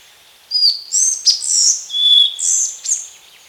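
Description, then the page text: Collared flycatcher song: a phrase of thin, high whistles and squeaky slurred notes, some rising, some falling, with one lower steady whistle near the middle, lasting about two and a half seconds. "Collared Flycatcher Song. Quick Sounds"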